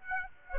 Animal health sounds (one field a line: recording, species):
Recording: mosquito wingbeat signal from an infrared sensor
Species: Aedes aegypti